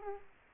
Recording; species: mosquito wingbeat signal from an infrared sensor; Aedes aegypti